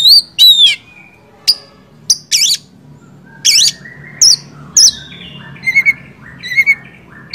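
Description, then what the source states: Oriental magpie-robin giving loud sweeping whistles and short sharp notes, spaced out at first, ending in a quick series of chirps. First-place champion (juara 1) kacer song, used to train other songbirds (masteran).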